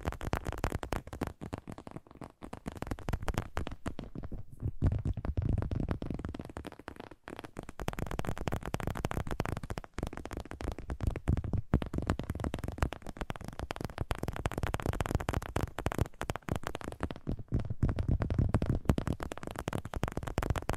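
Fast tapping runs without pause for the whole stretch, a dense, rapid patter of small hits too quick to count. The taps sound mostly low and dull, with a few brief lulls near 2, 4.5 and 7 seconds before the rhythm picks up again.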